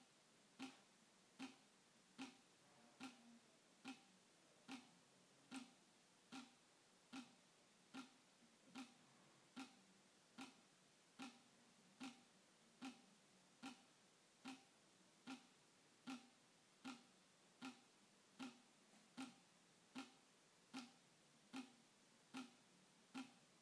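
Water drips onto plastic in a steady rhythm, roughly one sharp, bright tap every three quarters of a second.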